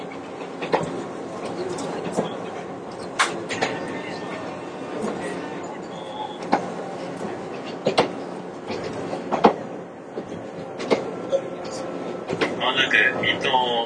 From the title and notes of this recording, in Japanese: 伊豆急2100系(キンメ電車) 熱海〜伊東。JR伊東線の区間で録音した。制御機器など制御方式は全編成とも抵抗制御である。ブレーキシステムは発電ブレーキ併用電磁直通ブレーキ (HSC-D) であり、合わせて抑速ブレーキも装備する。主電動機はTDK806/5-A、歯車比は5.31。